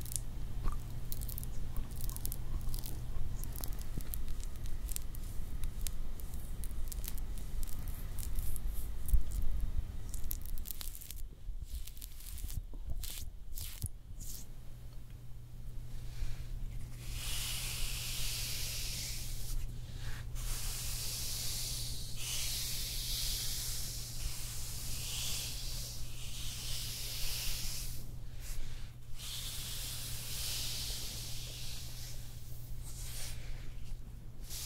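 Hand massage and nail care sounds: for the first ten seconds a dense, scratchy rubbing sits over a steady low hum. After a brief, broken lull, a bright hissing, spray-like sound runs from about fifteen seconds on, interrupted by short pauses, with the hum continuing.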